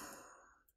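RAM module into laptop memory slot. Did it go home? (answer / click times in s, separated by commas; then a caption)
no / none. A laptop RAM module is handled as it is put back into its memory slot, to be pressed down firmly so the side retaining clips lock it into the holder. A soft, broadband rustling hiss fades steadily over the 0.8 s, with only a faint high tick near the end. Nothing has seated or clicked yet.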